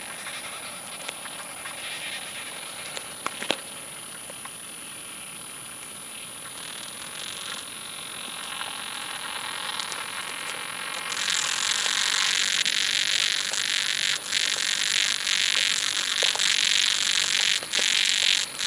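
A summer field recording at Badbury Rings, Dorset: a dense hiss of insects swells louder after eleven seconds, with scattered soft clicks throughout.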